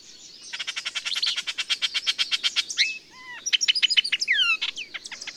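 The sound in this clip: Bird song opening with a fast, even series of dry buzzy pulses, then a pause and a run of clear slurred whistles and bright high chirps.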